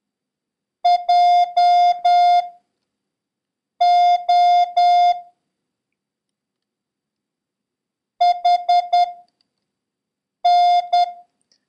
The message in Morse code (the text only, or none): JOHN